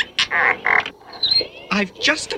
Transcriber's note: beeping and whistling